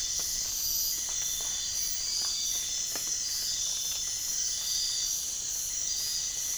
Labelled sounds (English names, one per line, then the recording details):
none
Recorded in pastures near Puerto Asís, Putumayo, Colombia, on 25 June 2025 at 04:30
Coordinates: 0.466, -76.322
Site GP07